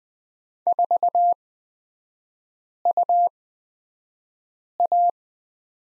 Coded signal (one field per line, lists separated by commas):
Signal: Morse code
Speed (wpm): 20 wpm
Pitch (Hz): 700 Hz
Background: none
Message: 4UA